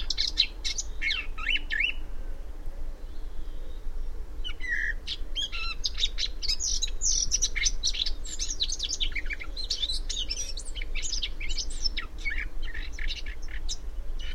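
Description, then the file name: Eurasian blackcap song, a fast jumble of high notes in a short burst, a pause of a couple of seconds, then a long run of warbled and sharp notes, with a low steady rumble. "Sylvia atricapilla"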